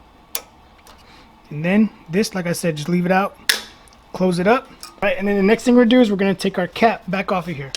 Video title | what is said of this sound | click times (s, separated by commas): Embroidery on caps with the MT-1501 from Ricoma | put it back in until you hear it click | 0.3 s